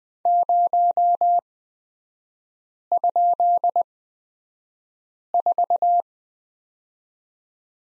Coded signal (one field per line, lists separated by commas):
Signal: Morse code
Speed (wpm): 20 wpm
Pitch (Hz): 700 Hz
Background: none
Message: 0?4